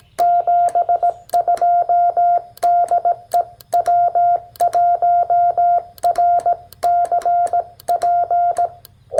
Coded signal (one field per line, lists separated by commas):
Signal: Morse code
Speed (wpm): 18 wpm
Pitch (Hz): 700 Hz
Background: none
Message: 72 DE W1RCP